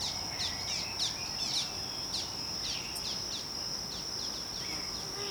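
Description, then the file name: Eurasian blackcap giving several short sweeping high notes over a steady high insect-like whine. "Sylvia atricapilla"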